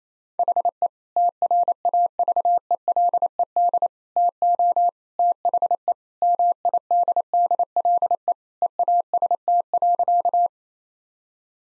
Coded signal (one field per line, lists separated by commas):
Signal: Morse code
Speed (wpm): 27 wpm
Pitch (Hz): 700 Hz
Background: none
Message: HE TRAVELED TO THE MIDDLE EAST.